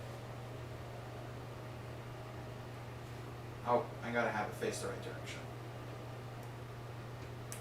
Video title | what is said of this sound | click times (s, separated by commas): Building 4 Fan Recommended LEGO Star Wars Sets | No click. Oh. | none